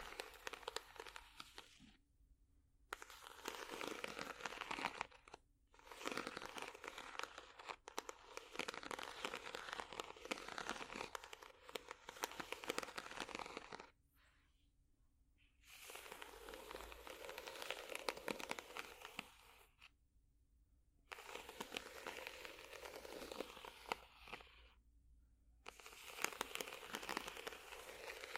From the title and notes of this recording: ASMR Scratching Ridges For Tingles （No Talking）.